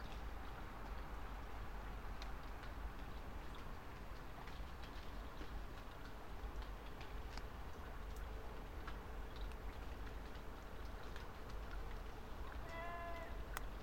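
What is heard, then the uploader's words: Night rain patters steadily with scattered sharp drips, a low rumble underneath, and a brief rising-falling whistle-like tone near the end. Night rain falls on a drystone wall. This sound view was recorded from the top of a drystone wall overlooking fields of nocturnal sheep, in the North Yorkshire market town of Settle last August.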